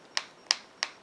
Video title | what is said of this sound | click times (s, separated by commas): MiroPure Natural Nails eFile & Buffer - first impression - review | so I just push it in there and rotate it clockwise hear that click to lock it in place | 0.5 s